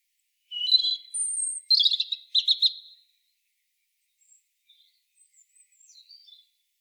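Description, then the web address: European robin song phrase of high thin whistles and warbled trills jumping between pitches, a varied burst lasting over two seconds, then faint scattered high notes. "SETE data Erithacus rubecula"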